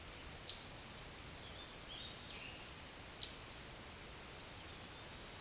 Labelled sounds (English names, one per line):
Scarlet Tanager song